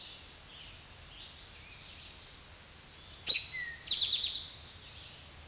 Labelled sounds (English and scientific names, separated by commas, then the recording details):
Eastern Towhee (Pipilo erythrophthalmus) song
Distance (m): 5 m
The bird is about 5 m above the microphone
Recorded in a Pennsylvania forest on 16 May 2024 at 06:07
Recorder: AudioMoth, point MSD-0627
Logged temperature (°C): 14.8 °C
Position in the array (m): 109 m, 6 m